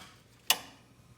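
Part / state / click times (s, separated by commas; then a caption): gas control switch on a gas fireplace / seated / 0.5 s. The control switch on a gas fireplace is moved from the pilot position to the on position. A single sharp click sounds at 0.5 s as the switch clicks into the on position, turning the gas back on.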